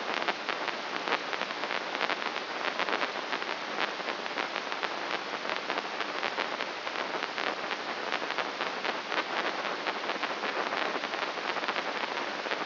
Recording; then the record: brain microelectrode recording played as sound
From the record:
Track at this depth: inside the subthalamic nucleus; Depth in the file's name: 5.029 mm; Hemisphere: left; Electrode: 3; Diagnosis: Parkinson's disease